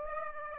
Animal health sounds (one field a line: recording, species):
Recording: mosquito wingbeat signal from an infrared sensor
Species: Aedes aegypti